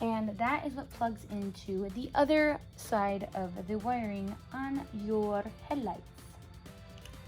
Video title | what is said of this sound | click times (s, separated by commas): How to install 7" LED Headlights on Jeep Gladiator - XKGLOW Lighting | they just click into place like that | 7.0 s, 7.1 s